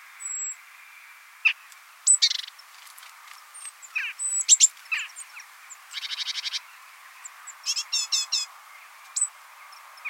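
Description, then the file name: Great tit calls: a varied mix of sharp high notes, a rapid buzzy run of stacked notes near the middle, then quick grouped chattering bursts, with thin high whistles in between. "Parus major"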